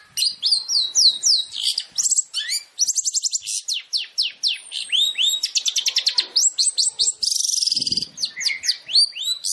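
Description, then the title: Long-tailed shrike song: a continuous, varied stream of sweeping whistles, rapid trills and a harsh rasping burst. Long-tailed shrike song compiled as a masteran training track for other shrikes, featuring full tembakan (rapid bursts). "MASTERAN TERBAIK CENDET FULL TEMBAKAN"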